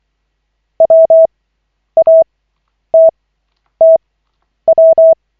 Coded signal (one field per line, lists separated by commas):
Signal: Morse code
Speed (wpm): 24 wpm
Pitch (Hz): 650 Hz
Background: none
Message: WATTW